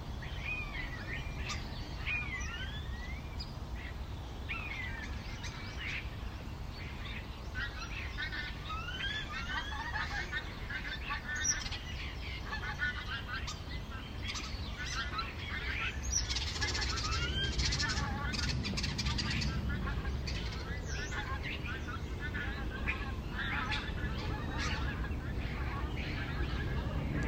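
Starlings chatter and chirp in a busy, overlapping stream of whistles, clicks and rising notes, thickening after about fifteen seconds. A steady low rumble of traffic runs underneath throughout, with the scene growing slightly louder in the second half.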